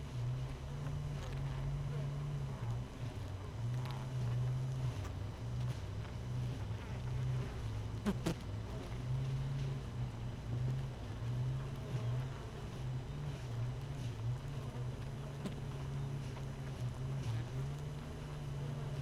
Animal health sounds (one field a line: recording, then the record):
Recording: honeybee colony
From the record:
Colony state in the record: missing queen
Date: 31 May 2018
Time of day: 5:19